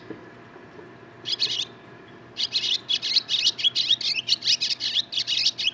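Barn swallow song: one short twitter, a pause, then a long fast run of scratchy, buzzy chattering notes.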